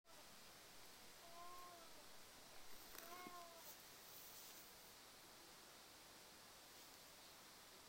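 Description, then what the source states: Domestic cat giving two faint meows over steady background hiss. Family cat Uchan (Uruchi), a male, has caught a mouse and carries it in its mouth to show off; backyard covered with fallen leaves, 10 a.m., sunny morning.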